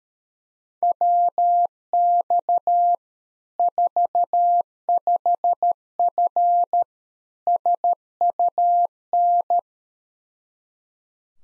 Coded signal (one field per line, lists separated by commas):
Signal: Morse code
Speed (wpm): 13 wpm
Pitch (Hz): 700 Hz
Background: none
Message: WX 45F SUN